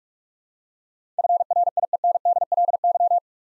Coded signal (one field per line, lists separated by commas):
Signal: Morse code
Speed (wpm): 43 wpm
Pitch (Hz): 700 Hz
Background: none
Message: FRIENDLY